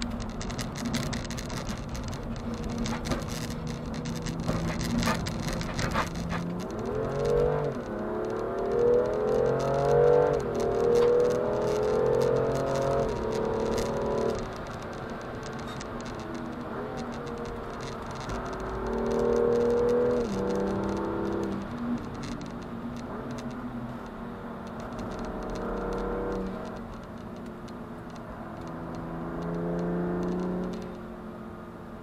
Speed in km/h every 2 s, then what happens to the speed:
70, 68, 66, 83, 114, 141, 157, 157, 133, 129, 140, 110, 99, 91, 89, 97.
0-12 speeds up to 157. 12-17 brakes to 129. 17-20 speeds up to 140. 20-26 brakes to 91. 26-32 steady at about 91.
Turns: 0-5, 15-26.